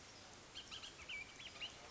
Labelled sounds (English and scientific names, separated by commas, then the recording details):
Bullock's Oriole (Icterus bullockii)
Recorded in Sonoma County, California